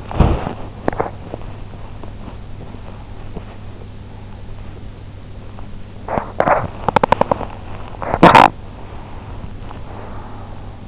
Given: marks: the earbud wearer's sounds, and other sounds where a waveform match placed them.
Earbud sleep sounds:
sounds in sleep by an in-ear microphone; teeth grinding, breath
0.00-2.22 s: teeth grinding
5.74-9.03 s: teeth grinding
9.14-10.88 s: breath

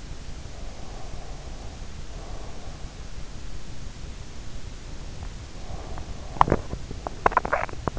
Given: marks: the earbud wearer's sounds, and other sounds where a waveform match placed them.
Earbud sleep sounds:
sounds in sleep by an in-ear microphone; breath, teeth grinding
0.66-2.95 s: breath
5.27-7.99 s: teeth grinding

